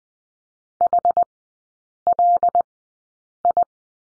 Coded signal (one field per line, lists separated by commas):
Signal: Morse code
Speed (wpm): 19 wpm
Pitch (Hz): 700 Hz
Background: none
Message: HLI